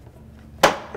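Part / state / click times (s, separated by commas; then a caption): retainer bar end caps onto refrigerator door liner / seated / 0.6 s. A retainer bar with its plastic end caps, Whirlpool part 2156003, is lined up on a refrigerator door shelf and pressed onto the door liner. A loud, sharp snap at 0.6 s marks the end cap seating into place, followed by a softer knock near 1.0 s.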